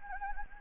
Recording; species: mosquito wingbeat signal from an infrared sensor; Anopheles gambiae